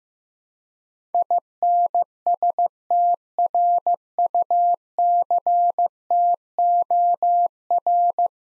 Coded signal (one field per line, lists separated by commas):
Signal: Morse code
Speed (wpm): 16 wpm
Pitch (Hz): 700 Hz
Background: none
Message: INSTRUCTOR